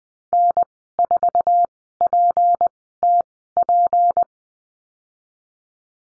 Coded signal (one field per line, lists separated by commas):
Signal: Morse code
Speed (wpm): 20 wpm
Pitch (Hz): 700 Hz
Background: none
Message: N4PTP